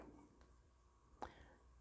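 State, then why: Seated. A metal sewing machine bobbin case, clip at the top, is pressed into a bobbin case tension gauge. One sharp, short snap is heard at 1.2 seconds as it settles into place, and the case is seated. Otherwise the clip is quiet, with a faint tap near 0.4 seconds.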